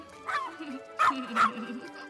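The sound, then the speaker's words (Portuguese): A dog named Scraps gives three sharp, yelping barks, the last two close together, with high, whiny whimpers trailing between them at a moderate volume. “Meu cachorro Scraps!”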